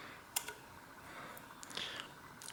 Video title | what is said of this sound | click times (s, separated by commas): Suntour XCM Fork Service - Disassemble/Clean/Lube/Re-assemble | so all I'm gonna do is put this in push it down and it'll snap right into place just like that and then do the other one as well just like that | 0.4 s